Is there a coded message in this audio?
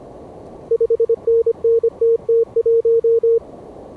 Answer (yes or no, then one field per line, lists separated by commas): yes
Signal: Morse code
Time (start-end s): 0.7-3.4 s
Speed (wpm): 26 wpm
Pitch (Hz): 460 Hz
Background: radio noise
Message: 5NN TT1